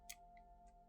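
The front edge of an Ideapad S340 15API laptop motherboard is pushed down into the plastic chassis retaining clip during a keyboard replacement, giving one sharp click at 0.1 s. Fainter ticks follow over a steady high hum, and the motherboard is seated in the clip.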